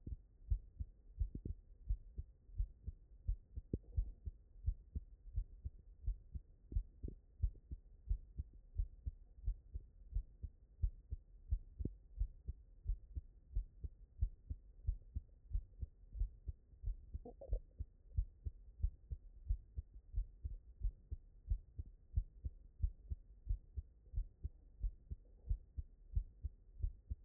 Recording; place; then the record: heart sounds by stethoscope; tricuspid valve (TV)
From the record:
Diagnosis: non-HFrEF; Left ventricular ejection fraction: 71%